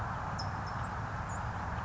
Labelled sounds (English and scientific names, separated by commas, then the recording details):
California Towhee (Melozone crissalis)
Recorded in Sonoma County, California